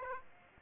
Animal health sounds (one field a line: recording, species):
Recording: mosquito wingbeat signal from an infrared sensor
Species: Aedes aegypti